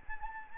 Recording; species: mosquito wingbeat signal from an infrared sensor; Anopheles gambiae